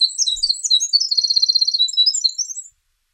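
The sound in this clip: Winter wren song, a long rapid tumbling stream of high trills and chattering notes, with a fast even trill in the middle, ending abruptly into silence.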